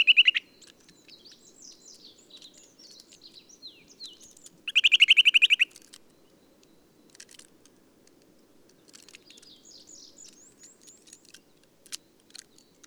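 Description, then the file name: Eurasian nuthatch giving rapid piping trills, one clipped at the start and a fuller run midway, while soft chirps and twitters continue throughout. "Sitta europaea"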